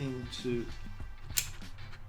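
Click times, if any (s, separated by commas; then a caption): 1.4 s. A camera's quick-release base plate is slid into the mounting clamp of a DJI RS4 gimbal while someone talks. A sharp click is heard at 1.4 s as the plate seats in place.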